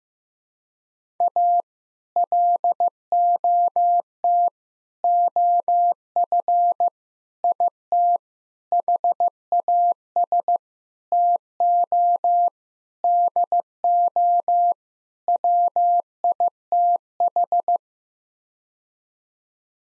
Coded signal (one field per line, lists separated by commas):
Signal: Morse code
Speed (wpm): 15 wpm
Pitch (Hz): 700 Hz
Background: none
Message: A LOT OF IT HAS TO DO WITH